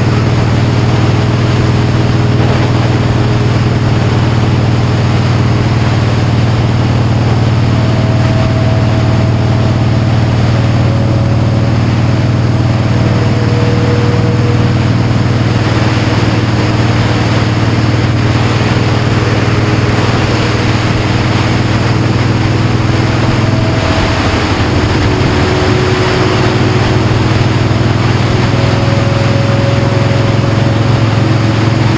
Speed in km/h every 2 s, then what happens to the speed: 72, 69, 64, 64, 64, 64, 68, 63, 60, 64, 71, 69, 69, 72, 76, 77.
0-3 slows to 64. 3-17 steady at about 64. 17-19 speeds up to 71. 19-25 steady at about 69. 25-32 speeds up to 77.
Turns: none.